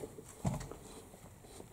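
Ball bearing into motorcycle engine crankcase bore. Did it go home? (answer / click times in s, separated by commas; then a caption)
no / none. The last new steel ball bearing is being handled as it is driven into its bore in an aluminium crankcase half of an Aprilia RS 125 two-stroke motorcycle engine. Faint tapping and handling noises are heard, with a louder dull knock around 0.5 s and small sharp ticks near 0.3 s and 0.7 s. Nothing has seated or clicked yet; the bearing is not yet home in its bore.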